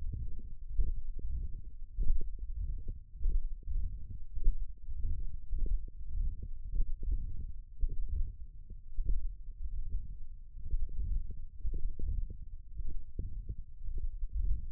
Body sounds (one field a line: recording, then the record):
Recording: forearm muscle sounds (acoustic myography)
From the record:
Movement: wrist extension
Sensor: system 1, eight BSWA MPA416 microphones around the upper forearm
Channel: 6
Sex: male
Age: 23 years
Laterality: right